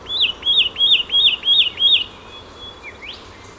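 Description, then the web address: Satin flycatcher repeating six arched whistled notes at a steady quick pace, followed by a brief softer upward sweep and quiet background. "Audio Myiagra Cyanoleuca"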